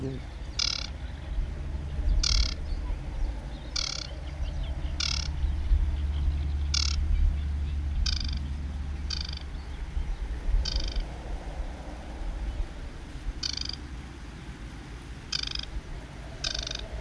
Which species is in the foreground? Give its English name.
Aquatic Warbler